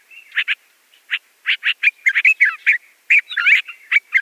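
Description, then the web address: Yellow-vented bulbul singing a jumble of quick, warbled chirps and short liquid phrases, irregularly spaced, each burst bright and bubbling. "Schulze Peter Yellow-vented Bulbul song"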